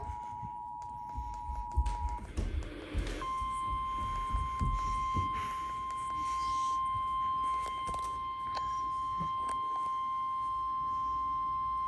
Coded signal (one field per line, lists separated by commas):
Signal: Emergency Alert System (SAME) tones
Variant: 853 and 960 Hz attention tone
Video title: SVR Madness 2 (EAS Alerts from 9/4/22) (EAS #462-476) (Monsoon EAS #178-192)